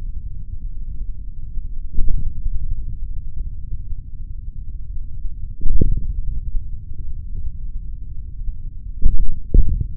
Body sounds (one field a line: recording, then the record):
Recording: forearm muscle sounds (acoustic myography)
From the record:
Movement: hand closing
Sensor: system 3, bracelet of six PUI Audio POM-2738L microphones around the upper forearm, with dedicated amplification and filtering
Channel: 2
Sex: male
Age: 26 years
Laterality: right